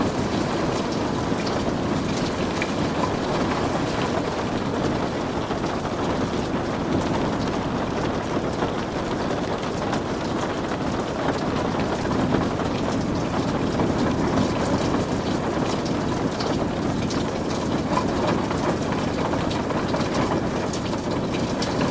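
Rain patters steadily on a window, a dense, unbroken wash of fine taps that holds the same level throughout. The sound is full and weighted toward the low and middle range, with a soft rushing undertone and occasional brighter individual drops standing out.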